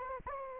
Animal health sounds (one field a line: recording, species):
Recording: mosquito wingbeat signal from an infrared sensor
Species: Anopheles arabiensis